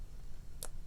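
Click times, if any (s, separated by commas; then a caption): 0.6 s. A finger slides along the plastic zip seal of a storage bag to close it. When it reaches the end, a small, sharp snap is heard at 0.6 s over low background rumble, and the seal snaps closed.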